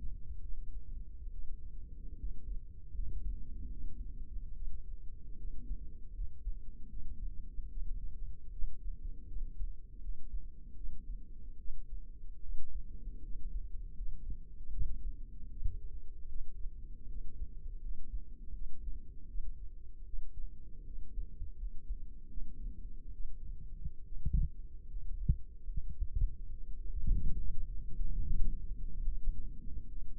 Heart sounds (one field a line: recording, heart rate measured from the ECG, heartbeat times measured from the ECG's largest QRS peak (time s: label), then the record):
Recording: heart sounds by microphone in the left ear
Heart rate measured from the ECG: 75 bpm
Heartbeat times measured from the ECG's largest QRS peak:
0.40 s: heartbeat
1.31 s: heartbeat
2.17 s: heartbeat
2.93 s: heartbeat
3.70 s: heartbeat
4.54 s: heartbeat
5.36 s: heartbeat
6.12 s: heartbeat
6.88 s: heartbeat
7.68 s: heartbeat
8.50 s: heartbeat
9.26 s: heartbeat
10.00 s: heartbeat
10.75 s: heartbeat
11.57 s: heartbeat
12.41 s: heartbeat
13.21 s: heartbeat
13.94 s: heartbeat
14.69 s: heartbeat
15.48 s: heartbeat
16.27 s: heartbeat
17.07 s: heartbeat
17.79 s: heartbeat
18.53 s: heartbeat
19.26 s: heartbeat
20.05 s: heartbeat
20.84 s: heartbeat
21.56 s: heartbeat
22.28 s: heartbeat
23.11 s: heartbeat
24.03 s: heartbeat
24.87 s: heartbeat
25.66 s: heartbeat
26.49 s: heartbeat
27.36 s: heartbeat
28.21 s: heartbeat
29.03 s: heartbeat
29.88 s: heartbeat
From the record:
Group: healthy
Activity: cold pressor test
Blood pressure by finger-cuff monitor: 98/49 mmHg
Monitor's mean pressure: 67 mmHg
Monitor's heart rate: 76 bpm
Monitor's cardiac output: 7.6 L/min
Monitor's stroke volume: 98 mL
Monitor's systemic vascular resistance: 630 dyn s/cm5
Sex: female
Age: 22 years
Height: 160 cm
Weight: 63 kg